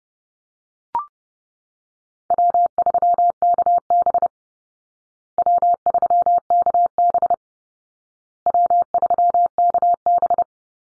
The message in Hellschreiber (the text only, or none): none